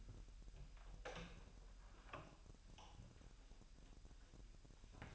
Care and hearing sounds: daily activity, microphone in the room; open door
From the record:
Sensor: 2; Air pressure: 1001.0 hPa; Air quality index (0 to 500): 250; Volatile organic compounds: 97 ppm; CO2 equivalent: 3732 ppm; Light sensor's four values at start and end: 9/23/9/9 and 10/23/9/10

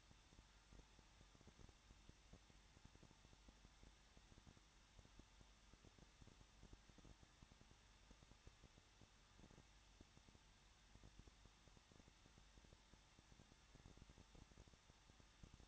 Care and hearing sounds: daily activity, microphone in the room; no activity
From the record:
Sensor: 3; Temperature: 21.2 degrees Celsius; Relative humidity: 36.3%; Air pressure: 1006.2 hPa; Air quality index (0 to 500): 222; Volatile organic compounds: 41 ppm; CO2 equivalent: 3168 ppm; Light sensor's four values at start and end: 2/3/2/2 and 2/3/2/2

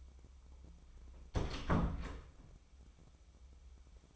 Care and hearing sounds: daily activity, microphone in the room; close door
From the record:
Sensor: 1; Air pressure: 996.1 hPa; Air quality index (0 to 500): 43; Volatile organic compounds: 1 ppm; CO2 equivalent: 892 ppm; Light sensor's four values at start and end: 14/33/14/16 and 14/33/14/16

